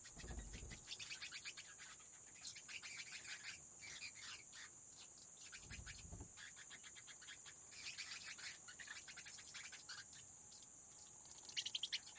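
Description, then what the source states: Bats flapping their wings, with rapid papery flutter bursts coming in waves over several seconds and a steady high-pitched whine throughout. Bats flapping their wings inside a cave habitat.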